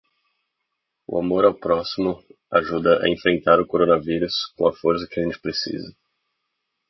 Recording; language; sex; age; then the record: spoken sentence; Brazilian Portuguese; male; 20 to 29 years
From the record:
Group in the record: control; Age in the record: 21 years